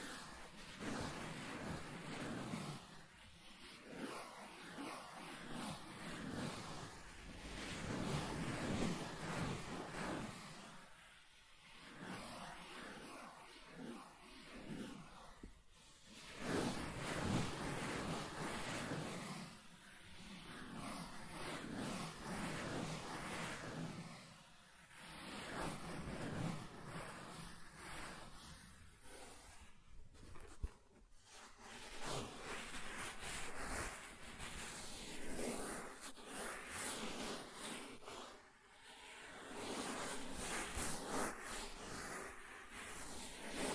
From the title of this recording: Soft Tracing on Smooth and Rough Surfaces